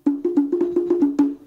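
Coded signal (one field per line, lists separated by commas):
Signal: talking drum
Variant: two-tone Congo slit drum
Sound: seven quick hollow wooden knocks on a low drum, alternating two close pitches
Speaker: I'll read out first of all five phrases attention the talking drum goes down river to the Village to the Village of yakuzo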